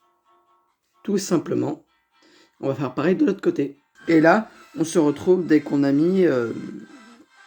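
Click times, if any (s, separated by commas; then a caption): none. Two round plastic toy-brick pieces are being handled for pressing onto a Lego Ferrari F40 toy car model while someone talks throughout. The clip ends before the pieces go home, so nothing has seated or clicked yet.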